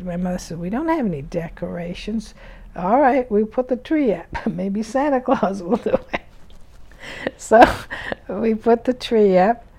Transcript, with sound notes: My mother said, "We don't have any decorations." "All right. We'll put the tree up. Maybe Santa Claus will do it." ( she laughs ) So we put the tree up.